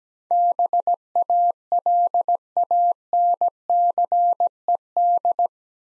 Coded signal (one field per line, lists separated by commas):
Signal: Morse code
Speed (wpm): 17 wpm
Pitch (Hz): 700 Hz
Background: none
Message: BALANCED